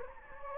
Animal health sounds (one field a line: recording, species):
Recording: mosquito wingbeat signal from an infrared sensor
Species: Anopheles gambiae